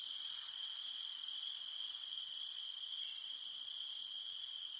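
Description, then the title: Cicada: shrill steady insect drone with brief clustered chirps near the start, middle and end. In the mountains at night. "In the mountains at night, only the humming of cicadas remains"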